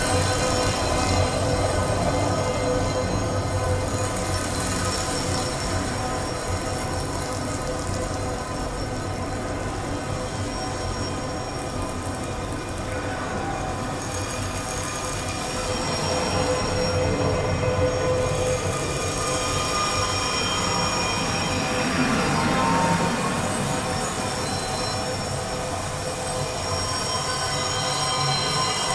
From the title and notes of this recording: Made from around 20 seconds of a contact microphone recording of chinese metal Baoding balls, heavily processed and repeated, remixed in Reaper.